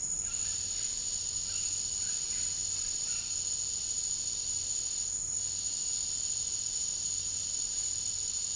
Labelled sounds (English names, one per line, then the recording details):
none
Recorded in dense forest near Puerto Asís, Putumayo, Colombia, on 13 March 2025 at 17:30
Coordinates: 0.484, -76.325
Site G045